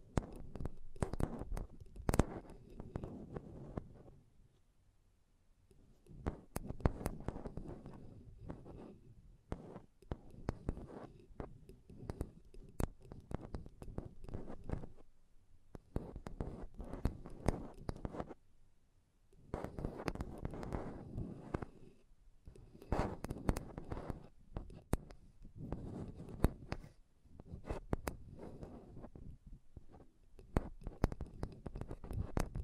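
Dense tapping and scratching on a microphone, with rapid sharp hits over a low, thumping body. The bursts come in clusters lasting several seconds, separated by brief near-silent pauses around 5, 15 and 19 seconds.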